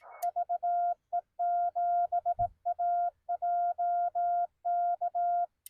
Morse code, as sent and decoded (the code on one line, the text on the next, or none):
...- . --... .- .--- -.-
VE7AJK